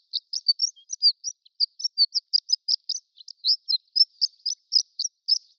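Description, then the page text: Horned lark pouring out bright, high twittering notes, quick chips and little upslurs strung together without a break, in an otherwise quiet background. Prairie subspecies of horned lark, giving extended twittering. "Prairie Horned Lark Extended Twittering. Quick Sounds library"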